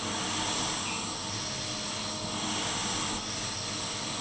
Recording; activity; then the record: daily activity, microphone in the room; vacuum cleaning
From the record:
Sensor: 4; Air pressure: 991.8 hPa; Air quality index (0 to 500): 113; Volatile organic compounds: 20 ppm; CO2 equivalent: 2690 ppm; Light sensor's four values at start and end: 17/58/21/21 and 18/58/22/22